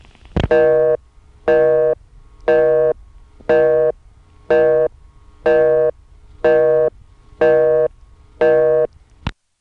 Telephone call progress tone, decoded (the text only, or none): busy tone